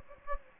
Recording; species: mosquito wingbeat signal from an infrared sensor; Anopheles gambiae